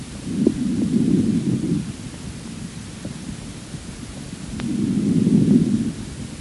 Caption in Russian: Над всеми другими отделами легких в норме выслушивается везикулярное дыхание. Сравните только что услышанный феномен с визикулярным дыханием.